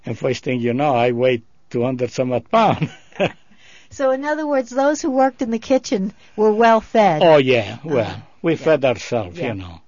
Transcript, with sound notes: And first thing you know, I weighed two hundred some odd pound. (they laughs)
So in other words, those who worked in the kitchen were well fed.
Oh, yeah. Well, we fed ourselves, you know.